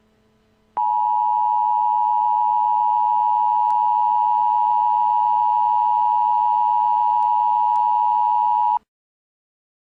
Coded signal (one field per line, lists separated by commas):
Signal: Emergency Alert System (SAME) tones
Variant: 853 and 960 Hz attention tone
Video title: Scary eas scenario